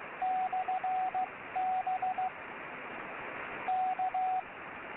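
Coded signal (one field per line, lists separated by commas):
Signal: Morse code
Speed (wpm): 15 wpm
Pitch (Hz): 750 Hz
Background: radio noise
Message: /B K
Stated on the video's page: 10 m amateur beacon heard through a remote receiving station 2972 km away.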